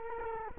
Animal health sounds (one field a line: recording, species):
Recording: mosquito wingbeat signal from an infrared sensor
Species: Culex quinquefasciatus